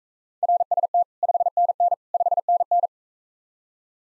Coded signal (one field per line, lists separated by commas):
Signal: Morse code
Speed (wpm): 44 wpm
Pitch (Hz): 700 Hz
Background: none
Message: RST 5NN 5NN